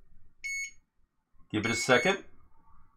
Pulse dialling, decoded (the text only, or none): none